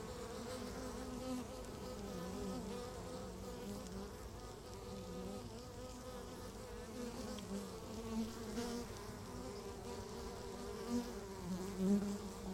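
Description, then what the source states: Honey bees in a steady, quiet hum of many insects with slight wavering pitch throughout. Beehive at Laren Gld., July 17th 2015; not a binaural recording.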